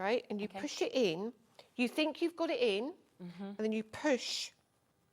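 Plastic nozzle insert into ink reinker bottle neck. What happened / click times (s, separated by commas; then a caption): Handled, not yet seated: small plastic nozzle being pushed in / none. A plastic dropper nozzle is pressed into the neck of an ink reinker bottle resting on a silicone mat, pushed once and then pushed again. A woman talks throughout, with faint handling sounds beneath her voice. The nozzle has not clicked or seated yet.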